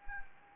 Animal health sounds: mosquito wingbeat signal from an infrared sensor; Anopheles arabiensis

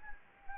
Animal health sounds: mosquito wingbeat signal from an infrared sensor; Anopheles arabiensis

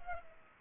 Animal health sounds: mosquito wingbeat signal from an infrared sensor; Culex pipiens

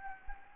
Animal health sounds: mosquito wingbeat signal from an infrared sensor; Anopheles gambiae

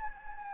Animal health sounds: mosquito wingbeat signal from an infrared sensor; Anopheles gambiae

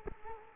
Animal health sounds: mosquito wingbeat signal from an infrared sensor; Culex quinquefasciatus

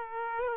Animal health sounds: mosquito wingbeat signal from an infrared sensor; Aedes aegypti

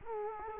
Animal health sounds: mosquito wingbeat signal from an infrared sensor; Culex quinquefasciatus

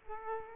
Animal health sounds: mosquito wingbeat signal from an infrared sensor; Aedes aegypti

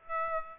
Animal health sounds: mosquito wingbeat signal from an infrared sensor; Aedes aegypti

